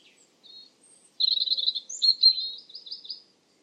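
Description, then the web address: European robin delivering one quick phrase: a thin note, then a dense burst of high warbled, jingling twitters. "Deverinetal 2025"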